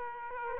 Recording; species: mosquito wingbeat signal from an infrared sensor; Aedes aegypti